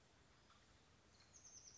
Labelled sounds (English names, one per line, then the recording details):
Oak Titmouse
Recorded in Sonoma County, California